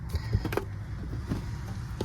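The middle of a plastic screen housing cover is pressed down onto the dashboard screen mount of a Tesla Cybertruck, and it clips in with a sharp snap at 0.5 s over a low, steady rumble. Fainter taps follow, and the housing is left seated and secure.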